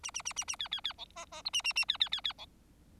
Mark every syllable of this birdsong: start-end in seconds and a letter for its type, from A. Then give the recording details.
0.03-0.11 A, 0.14-0.22 A, 0.25-0.33 A, 0.36-0.44 A, 0.47-0.56 A, 0.59-0.68 B, 0.72-0.81 B, 0.84-0.93 B, 0.98-1.05 C, 1.16-1.25 D, 1.32-1.42 D, 1.45-1.50 E, 1.53-1.62 A, 1.64-1.73 A, 1.75-1.85 A, 1.88-1.97 B, 2.00-2.09 B, 2.12-2.21 B, 2.24-2.33 B, 2.38-2.46 C. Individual Bird4